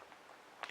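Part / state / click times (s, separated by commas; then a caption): charging cable clip onto sports watch charging port / seated / 0.6 s, 0.7 s. A proprietary Garmin charging cable clip is pushed onto the charging port on the back of a Garmin Fenix 5-series GPS sports watch. Soft handling sounds lead into two sharp clicks at 0.6 s and 0.7 s as the clip snaps into place and seats.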